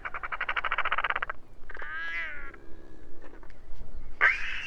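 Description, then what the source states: Royal albatross calls: a rapid buzzy pulsed rattle, then a wavering harmonic moan and a low groan, ending with a sharp bright cry, over a steady low rumble. Several royal albatrosses singing together.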